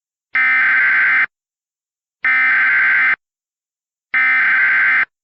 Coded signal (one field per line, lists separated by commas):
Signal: Emergency Alert System (SAME) tones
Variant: header bursts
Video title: *VALID TONES* Hellmo (EAS Scenario)